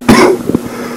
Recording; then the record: coughing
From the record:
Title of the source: Coughing 77